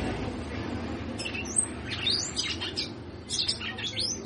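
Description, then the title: Red-cowled cardinal song: a few quick, high, slurred whistles and chirps, some sweeping upward, over a constant background hiss. Female bird, singing a lot. "Canto Galo Campina Fêmea. Fêmea de Galo de campina cantando muito"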